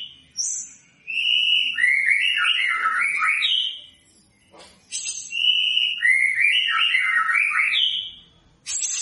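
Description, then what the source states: White-rumped shama repeating one phrase twice: a steady whistle followed by quick bouncing, falling notes. Lure recording of a vigorously singing white-rumped shama, meant to provoke an immediate response from other birds.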